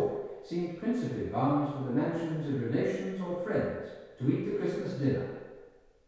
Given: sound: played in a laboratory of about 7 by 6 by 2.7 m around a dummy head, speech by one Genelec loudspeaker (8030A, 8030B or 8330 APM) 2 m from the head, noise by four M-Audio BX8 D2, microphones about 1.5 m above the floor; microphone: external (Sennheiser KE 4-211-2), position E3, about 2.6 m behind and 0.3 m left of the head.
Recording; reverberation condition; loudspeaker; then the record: male speech in English; high; 120 degrees to the right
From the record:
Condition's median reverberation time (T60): about 1300 ms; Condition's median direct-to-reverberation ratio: about -4.0 dB